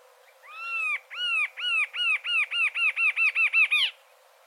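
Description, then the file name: Rufous-capped antshrike singing a nasal, accelerating series of about a dozen arched notes, growing quicker and closer together, ending abruptly. "Canto da choca de chapeu vermelho"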